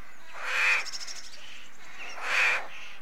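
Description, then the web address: Rooks producing two loud, hoarse drawn-out caws about two seconds apart, with faint chatter from other birds between them. Rookery colony. "The BBC Sound Effects Library - Complete 60 CDs Collection Sound Effects Library (British Birds) Rookery"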